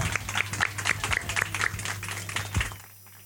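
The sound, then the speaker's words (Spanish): A small group applauds departing guests with a steady patter of overlapping claps for nearly three seconds before it quickly dies away, over a faint low hum. “Y con esto les damos una despedida y un aplauso a pues nuestras invitadas.”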